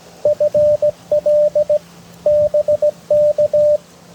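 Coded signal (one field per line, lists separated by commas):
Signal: Morse code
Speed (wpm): 18 wpm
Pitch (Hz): 590 Hz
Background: radio noise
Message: FL BK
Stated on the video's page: FT8 and Morse from a QRP POTA park activation using a QRP Labs QMX transceiver, an EFHW antenna, a UMPP-1 paddle and an 11.1V battery.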